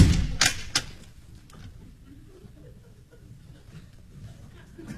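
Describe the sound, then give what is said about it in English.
A door slams shut with a couple of sharp, heavy knocks, then a lighter click of the lock follows before the sound settles into a low, quiet hum. “He walked off right under your nose, didn't he? And he locked the door behind him.”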